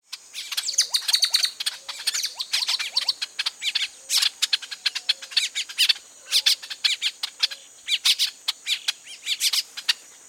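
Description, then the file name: Carib grackle calls: a busy chatter of sharp squeaky chips and rising and falling notes, with soft low whistled tones beneath. Recorded on 29 June 2008. "20080629 quilug"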